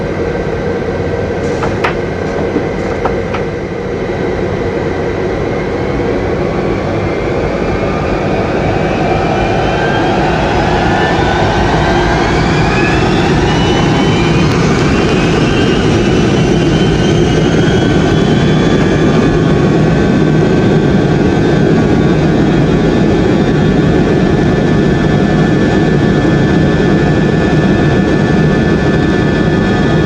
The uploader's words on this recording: Airplane Sound - JT3D/707.